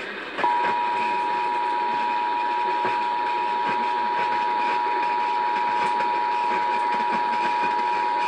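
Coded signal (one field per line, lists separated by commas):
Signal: Emergency Alert System (SAME) tones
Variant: 853 and 960 Hz attention tone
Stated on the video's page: Required Monthly Tests received on a Radioshack 12-996 weather radio.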